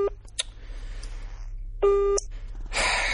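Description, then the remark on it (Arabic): An unanswered phone call rings with short, steady low-pitched tones and a few sharp electronic beeps until the time runs out, then the call disconnects into a burst of hiss, all over a constant low hum. “فصل، قاعد يرن لغاية ما انتهى الوقت وفصل.”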